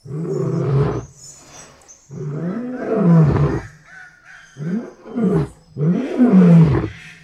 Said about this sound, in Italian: E tanti suoni misteriosi, come il richiamo di un grosso felino.